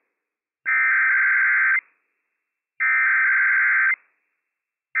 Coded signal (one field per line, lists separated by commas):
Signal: Emergency Alert System (SAME) tones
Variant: header bursts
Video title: When Franklin County EM Tests 4 Times a Day Early - WWF56 - EAS #301-304 - 11/23/22